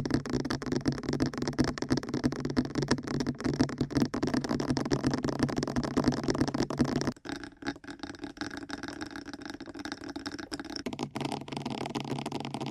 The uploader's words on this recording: ASMR Fast Ear Tapping (No Talking).